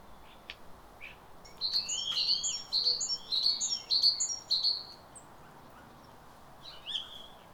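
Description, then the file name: Great tit calls, a steady run of bright two-part high notes for about three seconds, then a few faint notes near the end. "Parus major"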